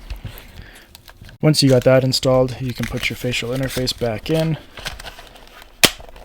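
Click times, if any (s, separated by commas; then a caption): 5.9 s. A plastic facial interface is pressed back onto the front of a VR headset after the strap is installed. Someone talks, then a loud, sharp snap at 5.8 s shows it has clicked into place, with small clicks and rustles before and after.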